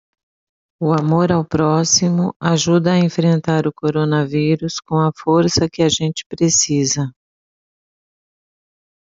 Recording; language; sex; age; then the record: spoken sentence; Brazilian Portuguese; female; 50 to 59 years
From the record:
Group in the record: control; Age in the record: 54 years